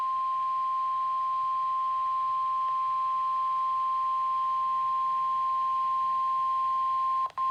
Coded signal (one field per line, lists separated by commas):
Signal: Emergency Alert System (SAME) tones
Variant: 1050 Hz attention tone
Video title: [EAS #224] TS Isaias | Tropical Storm Warning (KWO35)